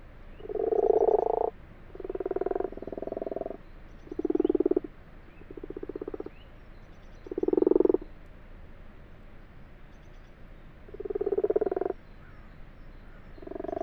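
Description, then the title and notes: Common frog chorus of low purring croaks, short rattling bursts one after another with brief gaps, several frogs calling. Common frogs purring in full daylight, 21 February 2020 at 12:45, abandoned water-filled wash house in a field, Fourcinet, Drôme, France; Nagra LB, binaural. "Ca roucoule dans le lavoir. 21 février 2020-12h45-Fourcinet - Drôme. roucouler les Grenouilles rousses (Rana temporia)"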